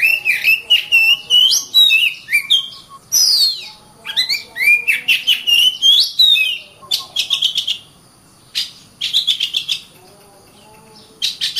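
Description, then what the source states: Oriental magpie-robin singing a fast, varied medley of whistled slurs, chattering bursts and sharp high notes, pausing briefly before short scratchy phrases resume. Master training recording.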